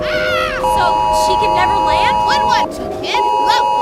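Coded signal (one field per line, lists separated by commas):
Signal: Emergency Alert System (SAME) tones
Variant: 853 and 960 Hz attention tone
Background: speech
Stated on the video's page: Fictional EAS scenario, not a real alert.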